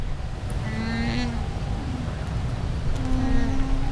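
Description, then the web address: Llama call, a short bleating harmonic cry followed by a second one, over constant low rumble and background noise. Recorded at a zoo in Győr, Hungary, in 2014; calls fairly well audible; wind had eased. "allathangok gyorizoo 2014. lama"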